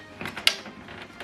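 An ink cartridge is pushed fully into its slot in a Canon Maxify MB5150 all-in-one wireless inkjet printer. Soft plastic scraping and shuffling comes first, then a sharp click at 0.5 s as the cartridge seats home.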